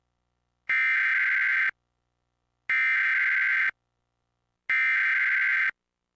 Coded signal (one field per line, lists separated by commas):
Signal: Emergency Alert System (SAME) tones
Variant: header bursts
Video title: EAS #1217: EAS Required Monthly Test- Aug. 3, 2026- 8:15PM PDT